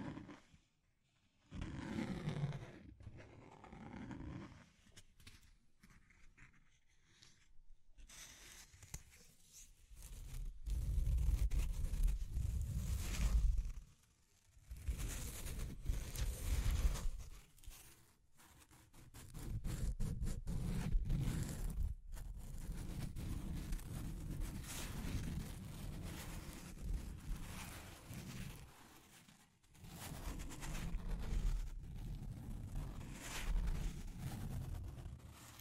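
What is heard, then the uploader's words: Deep scratching comes in long, rough bursts, heavy and rumbling low down with a gritty hiss over the top. Stretches of several seconds alternate with brief near-silent pauses around 1, 8, 14, 22 and 29 seconds, loudest from about 10 to 14 seconds. Deep Scratching. (No Talking).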